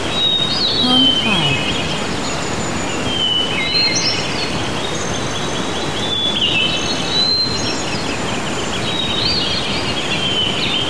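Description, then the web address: Bird song: clear whistled notes and short chirpy phrases throughout, over constant blowing wind. Birds singing outdoors in medium-strength wind. "birds singing outside medium strength wind loopable"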